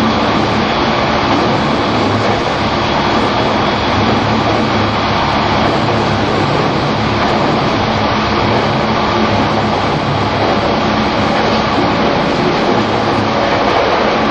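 An E231 series Shonan-Shinjuku Line special rapid train runs with a steady, dense roar and rumble, unchanging loudness throughout with faint rhythmic clatter.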